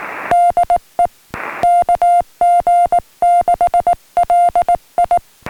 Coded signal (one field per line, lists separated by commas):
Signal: Morse code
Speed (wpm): 19 wpm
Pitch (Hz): 700 Hz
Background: music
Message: DE KG6LI